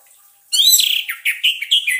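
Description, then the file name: Orange-headed thrush singing a quick tumbling phrase of bright whistles and chirps, notes sliding up and down in rapid succession. Orange-headed thrush (anis merah) song used as a lure recording, intended to keep a bird from becoming stressed. "suara pancingan burung anis merah agar tidak stress"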